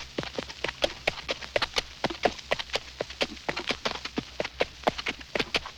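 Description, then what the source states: Horse steps, distinct crunching footfalls at a steady pace through brush, with lighter rustles between them. Horse walking through brush.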